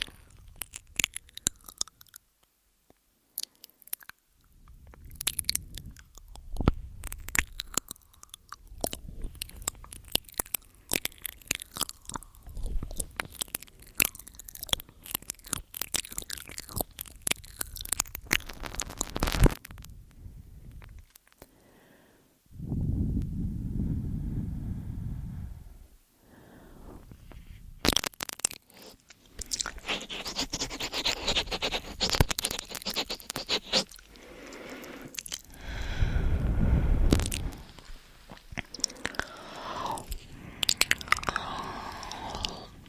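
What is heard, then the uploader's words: Mouth sounds and eating, with dense wet chewing, crunching and biting clicks packed through most of the recording. Around 23 to 26 seconds a low, steady muffled rumble takes over, and from about 28 seconds brighter crackling, crinkly chewing dominates. MOUTH SOUNDS & EAR EATING Tascam & Dummyhead.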